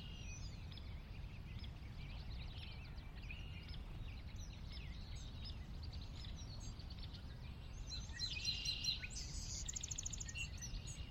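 A post-dawn valley morning: many birds chirp and trill steadily over a constant low rumble, with one louder burst of song near the end.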